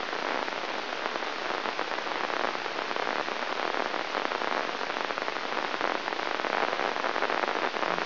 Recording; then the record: brain microelectrode recording played as sound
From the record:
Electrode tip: inside the subthalamic nucleus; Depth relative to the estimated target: 1 mm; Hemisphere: left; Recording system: AlphaMap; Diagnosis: Parkinson's disease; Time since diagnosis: 13 years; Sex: male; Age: 62 years